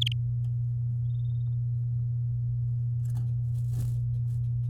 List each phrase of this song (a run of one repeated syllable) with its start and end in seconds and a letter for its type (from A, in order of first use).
0.01-0.12 A